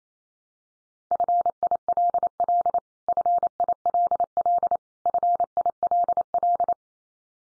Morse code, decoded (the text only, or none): FILL FILL FILL